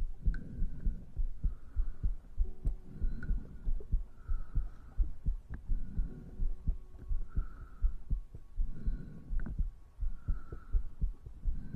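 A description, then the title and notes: Ear eating and ear massage: soft, low rubbing thumps pulse in a steady rhythm, about one every second and a half, much like a heartbeat. Small wet clicks and crackles scatter throughout, with faint brief squeaky tones drifting above the muffled rubbing. Maid Ear Eating & Ear Massage.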